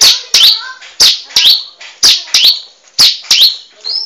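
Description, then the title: Bar-winged prinia song: paired sharp high chirps repeated about once a second, with brief lower notes between some pairs. "Suara Burung Ciblek"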